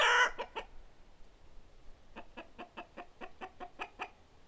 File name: Chickens